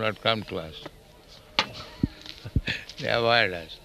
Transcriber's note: chuckles